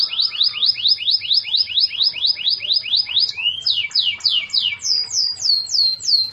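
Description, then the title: Canary giving a fast run of many downslurred whistles, then a few slower ones and a higher repeated series. "Kenari"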